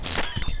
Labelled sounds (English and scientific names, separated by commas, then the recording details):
Stitchbird (Notiomystis cincta) song
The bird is a male
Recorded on Tiritiri Matangi Island, New Zealand, in 2005
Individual 3, of nest box 3